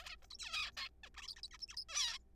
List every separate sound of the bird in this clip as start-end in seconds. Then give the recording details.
0.01-0.16, 0.22-0.26, 0.31-0.37, 0.39-0.71, 0.77-0.88, 1.04-1.09, 1.14-1.27, 1.28-1.34, 1.37-1.41, 1.43-1.48, 1.51-1.57, 1.61-1.66, 1.68-1.76, 1.77-1.84, 1.89-2.18. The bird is a juvenile. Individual R3428